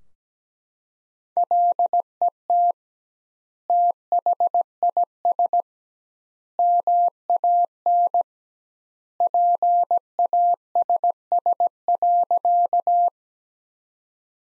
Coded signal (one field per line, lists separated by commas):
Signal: Morse code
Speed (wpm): 17 wpm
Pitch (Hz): 700 Hz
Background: none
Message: LET THIS MAN PASS.